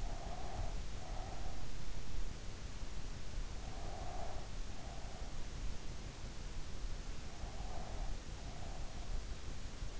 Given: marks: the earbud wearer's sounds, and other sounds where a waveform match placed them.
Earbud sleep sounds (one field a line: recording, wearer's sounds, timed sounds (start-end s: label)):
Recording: sounds in sleep by an in-ear microphone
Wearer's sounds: breath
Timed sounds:
0.00-1.71 s: breath
3.62-5.33 s: breath
7.42-9.10 s: breath